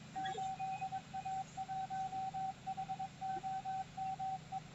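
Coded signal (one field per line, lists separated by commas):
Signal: Morse code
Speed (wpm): 22 wpm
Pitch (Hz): 760 Hz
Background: radio noise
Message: 8A1HOME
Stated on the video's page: Special event station on 40 m CW, 100 watts into a half-wave wire dipole with feed point 11 m high; good ionospheric propagation.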